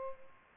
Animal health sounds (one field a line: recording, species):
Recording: mosquito wingbeat signal from an infrared sensor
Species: Culex pipiens